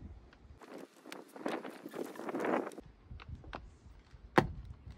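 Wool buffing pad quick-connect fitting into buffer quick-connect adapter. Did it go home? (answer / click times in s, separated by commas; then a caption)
yes / 4.4 s. A wool buffing pad with a quick-connect fitting is pressed into the quick-connect adapter on a rotary buffer, with rustling, handling noise and several small knocks as it is pushed in. A sharp, loud snap at 4.4 s marks the pad seating and locking onto the adapter.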